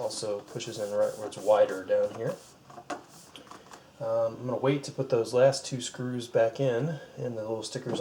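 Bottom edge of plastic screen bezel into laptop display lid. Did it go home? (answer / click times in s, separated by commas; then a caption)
yes / 2.9 s, 3.4 s. Someone talks while the bottom edge of the plastic screen bezel on an HP G71-345CL laptop is pushed into the display lid where it is wider. Quiet clicks follow at 2.9 s and 3.4 s as the bezel seats.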